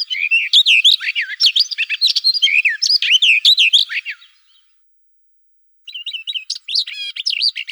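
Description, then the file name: Barred warbler song, a dense, hurried warble of rising and falling slurred notes and rattly chirps, breaking off briefly before resuming with buzzy, chattering phrases. "Slavka jastrebinaja"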